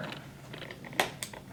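A child pushes a panel-mount electrical part into its cut-out in the wall of a plastic storage box. After a few faint ticks and rustles, a sharp snap at 1.0 s marks the part seating into place, followed by a softer click at about 1.2 s.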